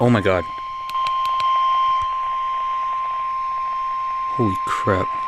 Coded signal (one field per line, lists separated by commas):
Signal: Emergency Alert System (SAME) tones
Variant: 1050 Hz attention tone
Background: speech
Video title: 1/2/22- High Wind Warning on KXI81 (EAS 296)